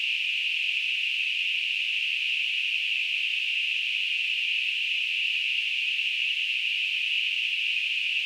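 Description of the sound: A steady, unbroken hiss in a narrow band around the upper-middle pitch range holds at a constant loudness for about eight seconds, with no pulsing or breaks. It is a simulated tinnitus sound, the kind of persistent ringing or hissing that a person with tinnitus hears.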